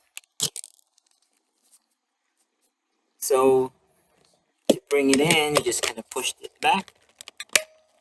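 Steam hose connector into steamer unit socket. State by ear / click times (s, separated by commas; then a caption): seated / 7.6 s. Someone talks while the steam hose connector of a VX5000 steamer, after two years of use, is pushed back into its socket on the steamer body, with brief handling clatter before it. The connector latches with a sharp click at 7.6 seconds, and the hose is seated.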